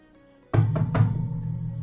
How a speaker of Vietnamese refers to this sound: Tiếng đập cửa cắt ngang thảo luận của Lữ Thanh và ba Ngân La. Ba người cao mày nhìn về phía người đập cửa.